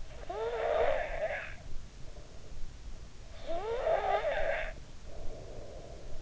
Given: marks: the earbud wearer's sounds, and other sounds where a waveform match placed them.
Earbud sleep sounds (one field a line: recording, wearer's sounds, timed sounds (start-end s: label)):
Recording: sounds in sleep by an in-ear microphone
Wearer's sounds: snoring breath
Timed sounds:
0.00-1.95 s: snoring breath
3.09-6.20 s: snoring breath